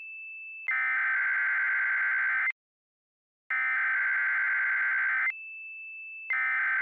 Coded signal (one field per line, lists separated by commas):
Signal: Emergency Alert System (SAME) tones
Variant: header bursts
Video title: EAS Mock/Scenario preview 1.5: "Warning Blows are shot"